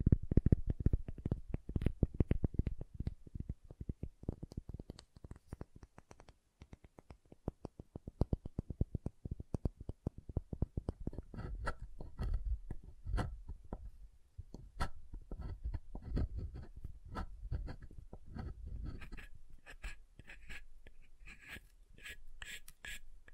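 Soap being tapped and carved, dense rapid clicks and low thumps at first, turning into sparser, brighter scraping scratches after about eleven seconds.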